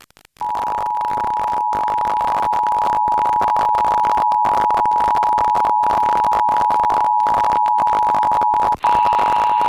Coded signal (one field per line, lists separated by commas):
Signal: Emergency Alert System (SAME) tones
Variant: 853 and 960 Hz attention tone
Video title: National EAS Test Roundup - 8/11/2021 Minneapolis/St. Paul [AUDIO FIX REUPLOAD]